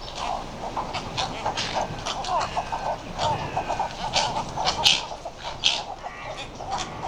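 Western cattle egrets in a noisy throng of rasping croaks and clucking squawks that overlap continuously, with scattered sharper, higher calls through the chorus.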